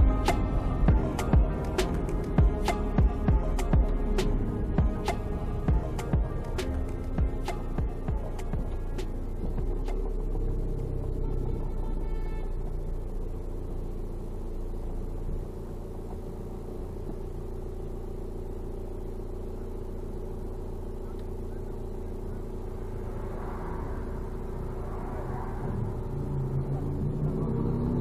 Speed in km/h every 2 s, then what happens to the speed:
32, 27, 20, 8, 0, 0, 0, 0, 0, 0, 0, 0, 0, 0.
0-7 brakes to 0. 7-28 standing.